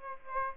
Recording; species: mosquito wingbeat signal from an infrared sensor; Aedes aegypti